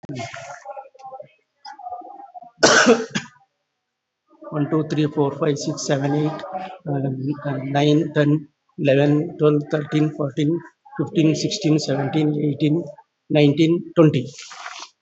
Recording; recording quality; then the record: counting at a fast pace; excellent, no background noise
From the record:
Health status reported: COVID-19 positive, mild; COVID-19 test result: positive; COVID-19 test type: RT-PCR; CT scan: not taken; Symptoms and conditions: cough, cold, fever, fatigue, loss of smell and taste, hypertension, diabetes, another condition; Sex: male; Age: 56 years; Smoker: no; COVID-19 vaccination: none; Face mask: not worn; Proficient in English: yes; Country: India